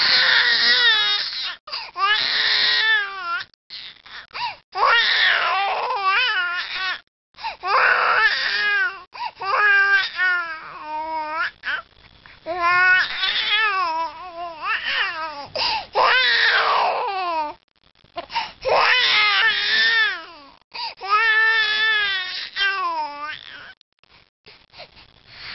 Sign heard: Crying baby.